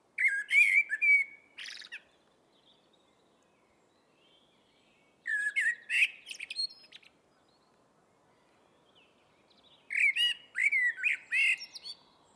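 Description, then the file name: Eurasian blackbird song: three melodious whistled phrases, each closing in a scratchy high twitter, separated by pauses of about three seconds. "Turdus merula"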